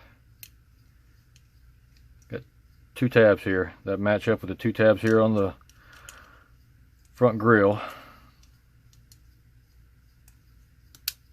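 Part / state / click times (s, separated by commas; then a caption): plastic grille onto RC truck front bumper / seated / 11.1 s. Two tabs on a plastic grille are lined up with two tabs on the front bumper of a WPL C24 RC truck while someone talks. The pieces are pressed together with small handling clicks, and the grille seats onto the bumper with a loud snap at 11.1 s.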